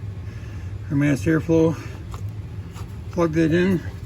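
On a 2014 Ford Edge, with the airbox refitted, the electrical connector is being handled to plug onto the mass airflow sensor on the air intake; the red locking tab still needs to be pushed back in to lock it. Someone talks over a low, steady hum, with a brief sharp tap at about 2.1 s. Nothing has seated or clicked yet.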